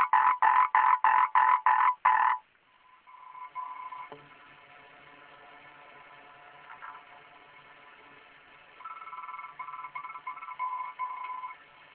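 Frog croaking in a fast series of harsh pulses, about three per second for two seconds, followed by quieter, softer trilled croaks in the background.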